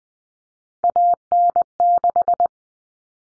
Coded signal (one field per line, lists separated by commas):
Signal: Morse code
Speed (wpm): 20 wpm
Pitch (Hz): 700 Hz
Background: none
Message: AN6